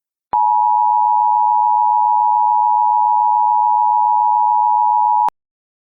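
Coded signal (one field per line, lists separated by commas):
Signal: Emergency Alert System (SAME) tones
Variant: 853 and 960 Hz attention tone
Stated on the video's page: Fictional EAS scenario, simulated alert tones.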